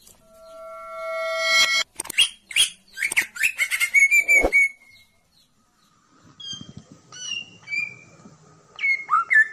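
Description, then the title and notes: Oriental magpie-robin song in bursts: a steady tone, then harsh chattering notes, a short pause, then scattered whistled phrases. Long-duration filler song (isian) meant to train the bird to sing loudly by day and night. "Kacer Jadi Gacor Siang Malam. Isian Kacer Durasi Panjang"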